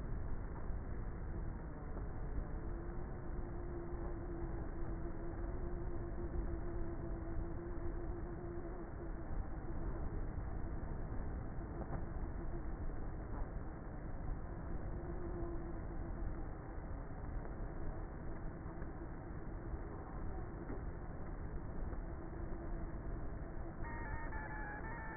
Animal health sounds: honeybee colony, microphone inside the hive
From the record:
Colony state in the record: queenless with a low population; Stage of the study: before two queens were removed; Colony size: about 30,000 bees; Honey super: no

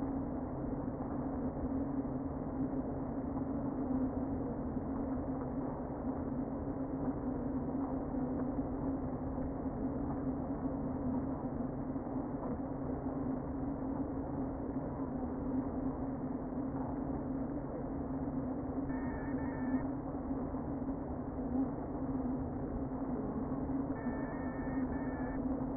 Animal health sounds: honeybee colony, microphone inside the hive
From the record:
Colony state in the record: queen present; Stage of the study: before two queens were removed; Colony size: about 60,000 bees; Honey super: yes

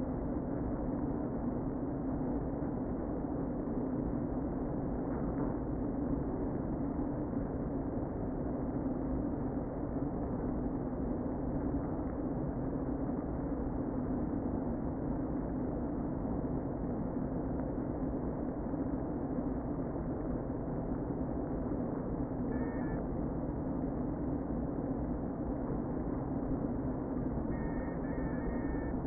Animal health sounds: honeybee colony, microphone inside the hive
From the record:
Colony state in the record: queen present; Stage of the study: before two queens were removed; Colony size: about 60,000 bees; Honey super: yes

